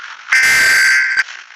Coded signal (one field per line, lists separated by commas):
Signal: Emergency Alert System (SAME) tones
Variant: header bursts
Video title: EAS Scenario Do Not Creature In Outside Collab With Melanie Kitty & Eas New Jersey